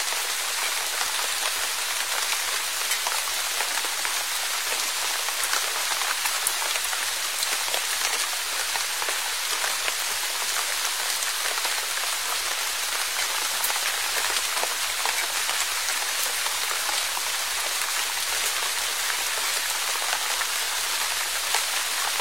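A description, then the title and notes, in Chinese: Rain falls steadily throughout, a dense, even hiss of countless drops with no breaks or swells. Fine individual ticks and taps of drops on a surface flicker through the wash, bright and crisp, while the low end stays nearly empty. 大自然声音助眠：轻柔细雨。若隐若现的雨声。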